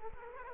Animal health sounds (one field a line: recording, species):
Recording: mosquito wingbeat signal from an infrared sensor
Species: Culex quinquefasciatus